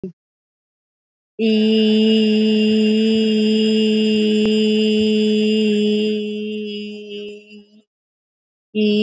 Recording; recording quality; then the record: sustained vowel as in beet; excellent, no background noise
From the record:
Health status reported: COVID-19 positive, mild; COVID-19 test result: positive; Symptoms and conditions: cough, cold, fever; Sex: female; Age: 34 years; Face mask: not worn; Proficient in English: yes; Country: India